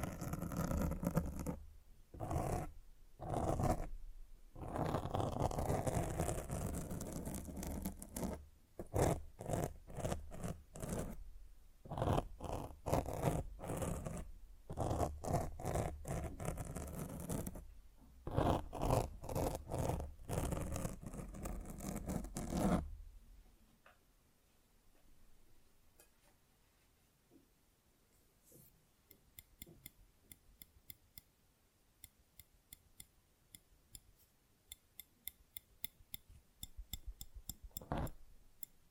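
Scratching and rubbing on a microphone fills the first 23 seconds, loud and dense, broken by short gaps and sharp dropouts. After that it turns much quieter, with sparse small ticks and clicks, then a brisker run of faint taps near the end and one sharper snap around 38 seconds.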